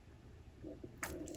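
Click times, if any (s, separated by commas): none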